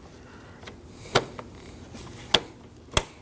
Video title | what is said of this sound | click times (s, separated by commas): How to Replace Active Grille Shutter 2015-2024 Ford Edge | Make sure that locks into place and do the same on the other side. | 2.3 s, 3.0 s